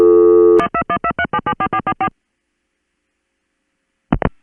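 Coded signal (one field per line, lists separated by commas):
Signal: DTMF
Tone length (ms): 70 ms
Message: 12123774444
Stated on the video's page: Recordings of the old long-distance telephone network in northern urban cities, 1974-1978.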